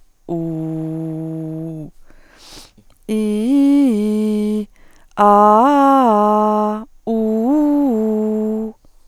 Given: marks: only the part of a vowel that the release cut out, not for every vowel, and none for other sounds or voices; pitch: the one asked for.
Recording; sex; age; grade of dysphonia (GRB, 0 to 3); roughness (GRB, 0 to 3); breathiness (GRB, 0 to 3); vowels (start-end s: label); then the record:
sustained vowels; female; 30 to 39 years; 0; 0; 0
0.38-1.68 s: vowel /u/, low pitch
3.17-4.56 s: vowel /i/, low-high-low pitch
5.27-6.71 s: vowel /a/, low-high-low pitch
7.13-8.61 s: vowel /u/, low-high-low pitch
From the record:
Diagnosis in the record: hyperfunctional dysphonia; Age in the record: 36 years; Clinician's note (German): Nach Laryngitis